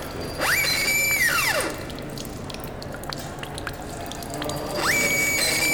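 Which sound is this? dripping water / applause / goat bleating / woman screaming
dripping water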